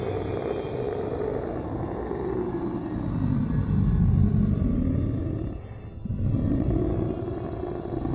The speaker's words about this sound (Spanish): Valdemar Daninsky aulló bestial a la luna